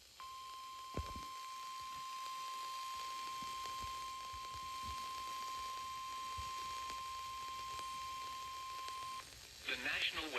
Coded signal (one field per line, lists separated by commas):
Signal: Emergency Alert System (SAME) tones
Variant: 1050 Hz attention tone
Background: speech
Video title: EAS Alerts From 7/12/26: A Compilation (EAS 1316-1325)